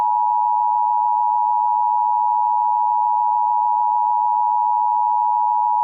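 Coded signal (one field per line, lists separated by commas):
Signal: Emergency Alert System (SAME) tones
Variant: 853 and 960 Hz attention tone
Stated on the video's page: Fictional EAS scenario about a serial killer.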